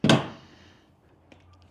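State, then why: Seated. A finished storage locker lid on a jon boat casting deck is closed to test whether its latch catches. A sharp click and thunk are heard at 0.0 and 0.1 seconds, ringing down over about half a second, followed by a faint tick near 1.3 seconds. The latch snaps closed and seats, with no rattle, and is approved as done.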